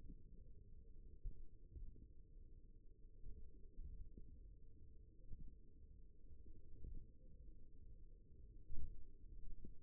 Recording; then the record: forearm muscle sounds (acoustic myography)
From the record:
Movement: finger pinch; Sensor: system 1, eight BSWA MPA416 microphones around the upper forearm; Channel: 3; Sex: male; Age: 54 years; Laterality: right